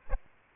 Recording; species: mosquito wingbeat signal from an infrared sensor; Aedes aegypti